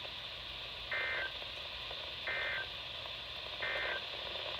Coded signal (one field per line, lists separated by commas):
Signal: Emergency Alert System (SAME) tones